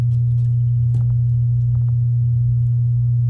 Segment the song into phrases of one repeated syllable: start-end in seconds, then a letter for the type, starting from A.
0.00-0.01 A